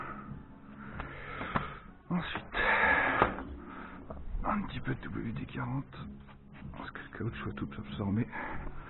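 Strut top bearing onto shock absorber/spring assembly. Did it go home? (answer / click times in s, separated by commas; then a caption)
no / none. A strut top bearing is being fitted onto the shock absorber and spring assembly of a Volvo 850 after WD-40 is applied to the rubber so it soaks in. Someone talks over brief handling knocks and taps, with sharp clicks at about 1.0 s, 1.6 s and 4.1 s. The bearing has not seated yet by the end of the clip.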